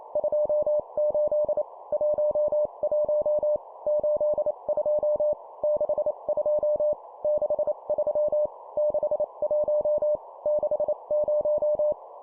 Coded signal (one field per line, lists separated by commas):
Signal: Morse code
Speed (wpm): 28 wpm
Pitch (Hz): 600 Hz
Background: none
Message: 28 11 82 62 63 61 60